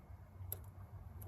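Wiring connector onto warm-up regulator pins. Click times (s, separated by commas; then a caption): 0.5 s. A non-polarized plastic connector is pushed onto the two pins of the warm-up regulator on a Bosch CIS system. It snaps into place with a sharp click at 0.5 s, followed by a fainter tick at 1.2 s, over a steady low hum. The connector is seated.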